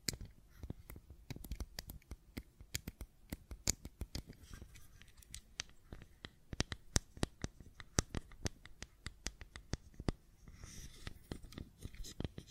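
Fidget cube tapping and clicking: a steady stream of sharp, bright clicks, several per second, irregularly spaced with brief pauses around the four- and ten-second marks. Soft scratchy handling noise and low rumble fill the gaps, with a brief rustle near the end.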